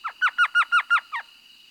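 Elf Owl call: seven yelping notes in quick succession, five loud evenly spaced ones between a softer first note and a weaker, lower last one.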